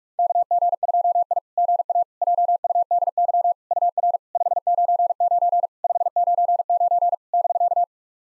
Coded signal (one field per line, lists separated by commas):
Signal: Morse code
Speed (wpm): 46 wpm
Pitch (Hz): 700 Hz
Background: none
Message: KG2I GA JUDY UR 599 599 <BK>